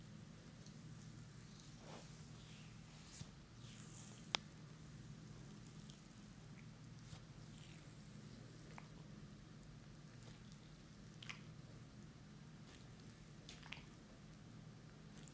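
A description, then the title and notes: Hands work over skin in a quiet massage, with soft rubbing and occasional moist, squishy strokes. A steady low hum sits underneath throughout, and small sharp clicks or taps pop up every few seconds, one louder near the four-second mark. ASMR Sleep Therapy - Amazing ASMR head, neck, back and facial massage for deep sleep.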